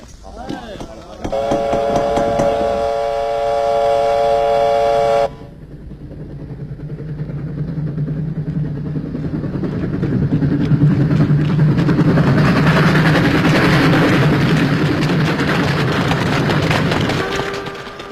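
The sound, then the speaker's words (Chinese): A steam whistle blows one long, steady, reedy blast, then cuts off into the rhythmic chugging and rumbling of a train, which swells louder and keeps churning steadily. “晚上，老红带领飞虎队杀上火车，结果了山口。”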